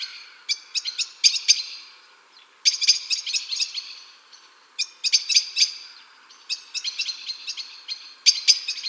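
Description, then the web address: Eurasian blackbird giving sharp, metallic chink notes in quick clusters separated by short pauses. "Schulze Peter Eurasian Blackbird"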